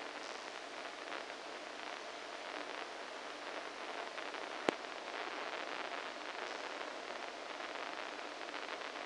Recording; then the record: brain microelectrode recording played as sound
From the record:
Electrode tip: inside the subthalamic nucleus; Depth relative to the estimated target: -1 mm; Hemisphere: right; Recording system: NeuroSet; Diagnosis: Parkinson's disease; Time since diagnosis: 14 years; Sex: male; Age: 51 years